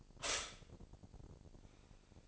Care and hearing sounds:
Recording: daily activity, microphone in the room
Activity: stop toaster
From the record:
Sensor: 5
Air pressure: 1007.1 hPa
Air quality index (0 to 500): 121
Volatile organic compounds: 1 ppm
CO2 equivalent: 921 ppm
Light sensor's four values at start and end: 27/62/26/26 and 27/62/26/26

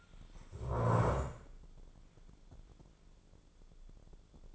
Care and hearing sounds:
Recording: daily activity, microphone in the room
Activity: stand up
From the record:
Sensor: 5

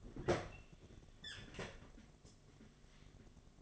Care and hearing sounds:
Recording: daily activity, microphone in the room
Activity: open fridge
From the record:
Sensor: 4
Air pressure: 1005.5 hPa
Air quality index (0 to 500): 173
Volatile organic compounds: 4 ppm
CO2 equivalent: 1699 ppm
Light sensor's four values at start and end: 6/13/5/5 and 6/12/4/4

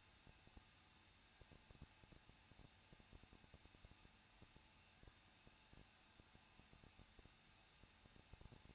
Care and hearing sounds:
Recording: daily activity, microphone in the room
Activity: no activity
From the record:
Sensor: 2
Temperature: 21.0 degrees Celsius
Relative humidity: 37.6%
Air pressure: 1006.2 hPa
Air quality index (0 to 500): 223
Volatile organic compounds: 25 ppm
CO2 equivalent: 2839 ppm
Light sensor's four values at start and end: 2/3/2/2 and 2/3/2/2

